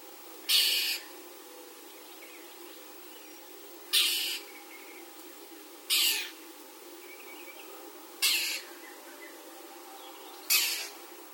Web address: 2016 05 young mocking bird crying for food